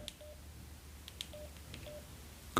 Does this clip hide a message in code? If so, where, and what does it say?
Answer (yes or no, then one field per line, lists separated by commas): no